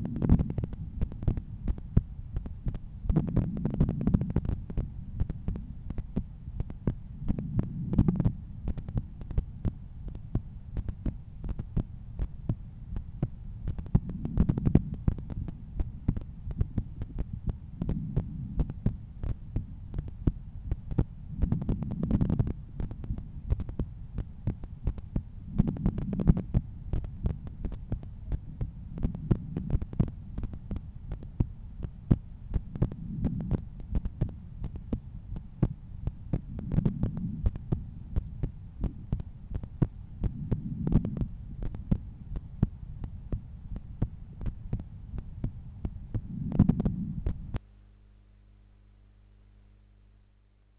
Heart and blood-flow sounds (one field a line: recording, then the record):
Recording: heart sounds by stethoscope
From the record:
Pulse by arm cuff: 84 bpm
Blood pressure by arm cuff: 132/84 mmHg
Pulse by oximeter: 84 bpm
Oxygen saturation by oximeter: 96%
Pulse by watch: 86 bpm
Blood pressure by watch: 127/83 mmHg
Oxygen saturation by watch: 98%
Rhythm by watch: sinus rhythm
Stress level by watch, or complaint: low stress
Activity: after 10 min smoking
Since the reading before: plus 3500 steps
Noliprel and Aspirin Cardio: after pills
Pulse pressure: 48 mmHg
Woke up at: 7:20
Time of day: 21:10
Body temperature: 36.8 C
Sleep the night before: 8 h 11 min, score 61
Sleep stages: REM 22%, light 68%, deep 3%, awake 7%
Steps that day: 9500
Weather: clear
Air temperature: 21.5 C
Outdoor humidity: 74%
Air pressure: 1015 hPa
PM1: 10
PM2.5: 14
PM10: 17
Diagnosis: hypertension, treated with Noliprel and Aspirin Cardio 100 mg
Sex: male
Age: 53 years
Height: 174 cm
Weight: 81 kg